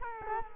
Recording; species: mosquito wingbeat signal from an infrared sensor; Culex quinquefasciatus